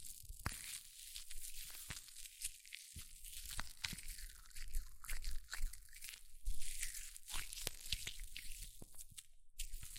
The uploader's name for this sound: Extreme Fizzing Tingles Hair Mousse Sounds